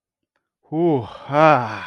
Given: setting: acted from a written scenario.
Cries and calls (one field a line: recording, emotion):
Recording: vocal sound without words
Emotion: ecstasy